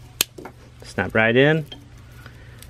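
A plastic seat wiring harness connector is pushed into the heated power seat connector and snaps home with one sharp click at 0.2 s, followed by a few faint ticks. Someone then talks briefly as the connector sits seated.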